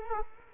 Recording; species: mosquito wingbeat signal from an infrared sensor; Culex quinquefasciatus